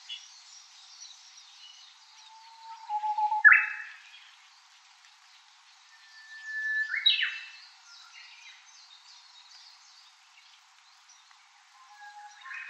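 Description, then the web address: Japanese bush warbler song: a soft low whistle swelling into an explosive flourish, then a second phrase about three and a half seconds later, over faint high chirping from other birds. "ウグイス. arpla 鳥の声研究室"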